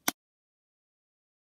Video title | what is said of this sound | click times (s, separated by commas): ULAK Knox Armor iPod 5/6 Case Review! | you're just going to snap the corners in you'll hear a noise | 0.1 s